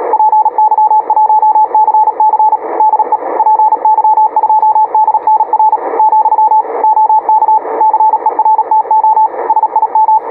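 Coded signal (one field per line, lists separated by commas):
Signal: Morse code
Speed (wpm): 37 wpm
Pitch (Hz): 880 Hz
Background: radio noise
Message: PY1CC DE PY2DNR , OK CERTO SIM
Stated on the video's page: CW contact between two stations testing high-speed (QRQ) sending with a keyboard.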